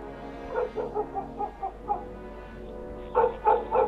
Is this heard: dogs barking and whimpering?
yes